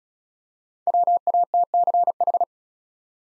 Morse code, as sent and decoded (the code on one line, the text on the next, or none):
.-- .- - -.-. ....
WATCH